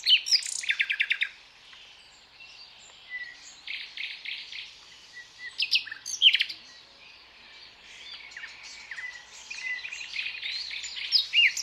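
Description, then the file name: Common nightingale singing varied phrases of quick repeated clicks, rattles and thin whistles, with short pauses between bursts. "Luscinia megarhynchos"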